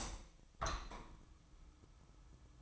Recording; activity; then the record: daily activity, microphone in the room; open window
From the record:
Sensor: 1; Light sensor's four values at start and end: 8/20/8/8 and 8/20/8/9